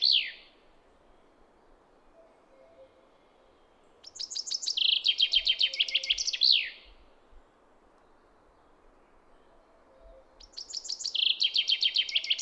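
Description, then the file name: Common chaffinch repeating its song, phrases about six seconds apart, each a descending series of notes into a trill ending in a sharp downslurred flourish. "Fringilla coelebs"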